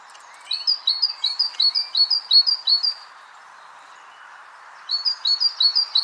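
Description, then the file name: Great tit repeating sharp, high double notes in a quick rhythm for about two and a half seconds, then starting again after a pause. "Parus major"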